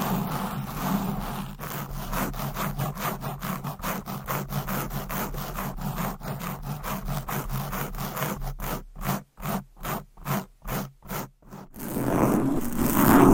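Rapid, aggressive scratching against a microphone. It runs as dense back-and-forth strokes for about eight seconds, then breaks into sharper, separated rubs with brief silences between them near the ninth to twelfth seconds. A low hum sits underneath, and a rougher, continuous scrape closes the clip.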